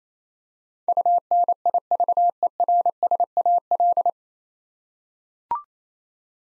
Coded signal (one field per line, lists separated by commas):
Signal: Morse code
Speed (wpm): 28 wpm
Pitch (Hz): 700 Hz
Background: none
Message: UNIVERSAL